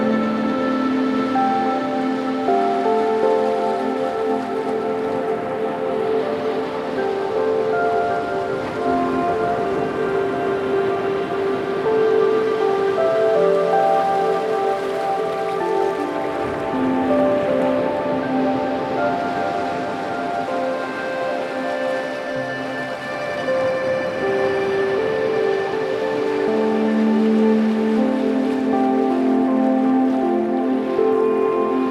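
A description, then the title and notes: Ocean waves wash in a steady, dense hiss under soft, sustained music with long held tones in the low and middle range. The chords shift slowly every few seconds, and the level stays even throughout with no distinct breaking waves standing out. Island Paradise Ambiance With Relaxing Music & Ocean Waves. The captivating sounds of ocean waves.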